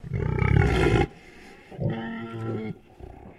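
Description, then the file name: Pig grumbling: a loud, rough low grunt lasting about a second, then a softer, drawn-out tonal grumble and a brief final grunt. Landrace pig, recorded indoors, grumbling. "ANIMAL PIG LANDRACE EDGAR INSIDE GRUMBLE"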